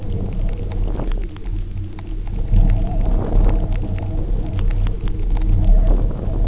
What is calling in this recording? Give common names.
none